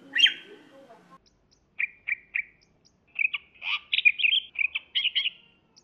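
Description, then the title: Leafbird song: a harsh opening chirp, then three short whistled notes and a quick run of varied chattering phrases. "CUCAK IJO"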